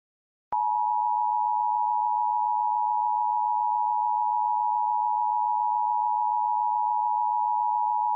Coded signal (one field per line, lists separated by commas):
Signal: Emergency Alert System (SAME) tones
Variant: 853 and 960 Hz attention tone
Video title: ISS Impact: An EAS Mock